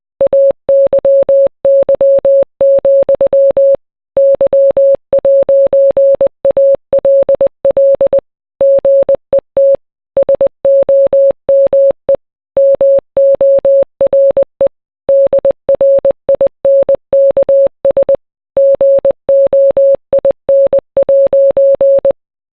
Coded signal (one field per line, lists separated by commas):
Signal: Morse code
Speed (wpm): 20 wpm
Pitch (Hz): 550 Hz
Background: none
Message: AYY, Y'ALL GET SOME MORE DRINKS GOIN'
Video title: Drake - Passionfruit (MORSE CODE VERSION)